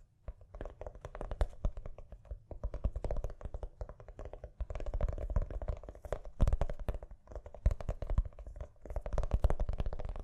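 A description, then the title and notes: Gentle tapping runs almost without a break, fast, light taps in quick uneven bursts like fingertips drumming on a hard surface. Each tap is a short crisp click over a soft low thump, with brief pauses near two and a half, four and seven seconds. ASMR Gently Tapping You to Sleep (No Talking).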